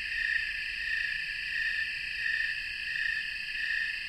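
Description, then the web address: Snowy tree crickets in chorus, a steady high trilling that swells and fades in unison roughly every two-thirds of a second, with higher overtones. Chorus of many crickets, North America. "Natures Songs N America Songs of Insects -Snowy Tree Cricket chorus"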